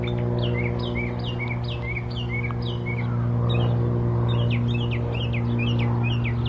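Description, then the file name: Northern mockingbird song: a phrase of falling slurred notes repeated several times, then a switch to another repeated phrase, with constant low traffic rumble. In Old South Cemetery on 17 April 2024. "20240417 northern mockingbird old south cemetery"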